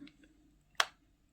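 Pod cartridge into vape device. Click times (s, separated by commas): 0.8 s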